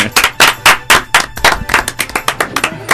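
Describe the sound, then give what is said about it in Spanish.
Applause for Donda: a steady run of loud, sharp hand claps, about a dozen in three seconds, keeping an even rhythm with no voices over them. “Bueno, aplausos para Donda entonces.”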